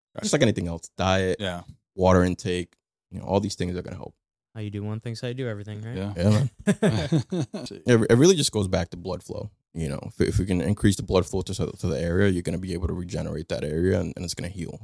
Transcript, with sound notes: just like anything else, diet, water intake, you know, all these things are going to help.
How you do one thing, so I do everything, right?
Yeah. (laughing) It really just goes back to blood flow, you know. If you can increase the blood flow to the area, you're going to be able to regenerate that area and it's going to heal.